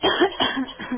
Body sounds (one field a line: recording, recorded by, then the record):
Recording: voluntary cough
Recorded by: telephone call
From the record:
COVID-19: positive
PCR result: checked with the laboratory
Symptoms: yes